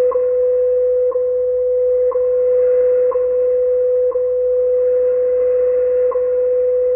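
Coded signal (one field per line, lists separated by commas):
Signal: radio time signal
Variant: WWV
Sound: continuous mid-pitched 500 Hz tone broken by short clicks each second, about 6 ticks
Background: faint radio static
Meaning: Each tick marks one second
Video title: Radio propagation with seasons and the return of WWV on 25000 kHz shortwave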